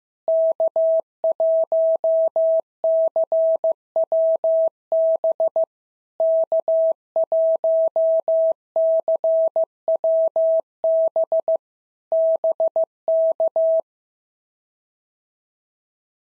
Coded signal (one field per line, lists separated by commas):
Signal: Morse code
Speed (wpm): 15 wpm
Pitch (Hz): 650 Hz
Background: none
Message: K1CWB K1CWB BK